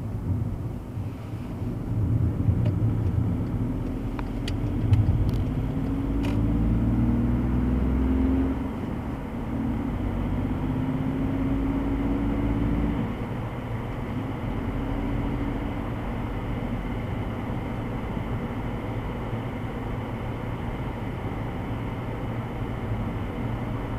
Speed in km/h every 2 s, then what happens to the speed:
39, 46, 59, 68, 74, 82, 83, 85, 85, 85, 84, 82.
0-13 speeds up to 85. 13-24 steady at about 85.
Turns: none.